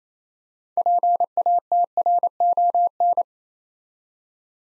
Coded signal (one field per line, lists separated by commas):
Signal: Morse code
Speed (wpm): 27 wpm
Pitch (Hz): 700 Hz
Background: none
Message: PATRON